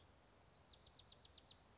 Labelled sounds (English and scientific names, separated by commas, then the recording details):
Bewick's Wren (Thryomanes bewickii)
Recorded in Sonoma County, California